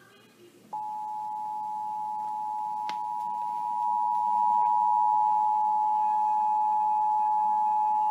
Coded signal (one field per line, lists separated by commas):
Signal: Emergency Alert System (SAME) tones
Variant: 853 and 960 Hz attention tone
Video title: EAS #1772-1773 - Presidential Alert-National EAS and WEA Test 2018 10-3-2018